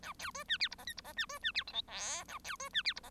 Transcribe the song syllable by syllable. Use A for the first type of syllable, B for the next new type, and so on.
A B C D E F G H F G D C D E I J K A B C D E F G